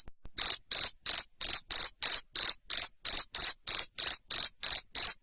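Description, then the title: Cricket chirping in a steady train of loud, high, buzzy pulses, about three each second, without a break. Loud cricket chirping, played to stimulate lovebirds to sing continuously. "Suara JANGKRIK NGERIK Keras Bikin LOVEBIRD Jadi NGEKEK Terus Vubey"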